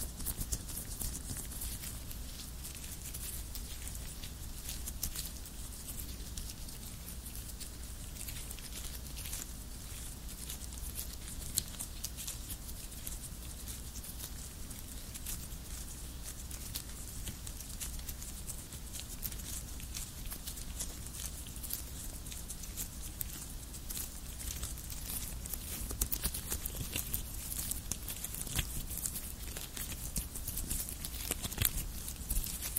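Latex gloves rubbing and crinkling in a dense, steady stream of soft bright rustles, with sharper snaps scattered throughout and a low hum underneath.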